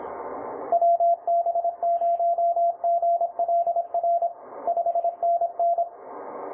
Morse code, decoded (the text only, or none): WB0GLR 5NN